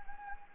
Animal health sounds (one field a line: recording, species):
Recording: mosquito wingbeat signal from an infrared sensor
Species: Anopheles gambiae